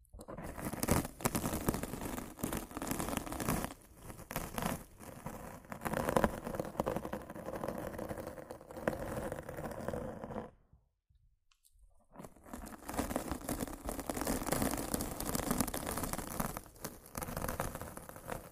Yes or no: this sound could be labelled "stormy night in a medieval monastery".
no